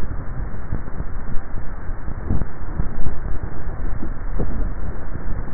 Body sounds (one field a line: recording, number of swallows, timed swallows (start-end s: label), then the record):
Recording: swallowing sounds by neck microphone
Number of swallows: 1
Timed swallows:
4.55-5.53 s: swallow
From the record:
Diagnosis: dysphagia